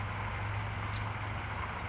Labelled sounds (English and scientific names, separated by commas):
California Towhee (Melozone crissalis)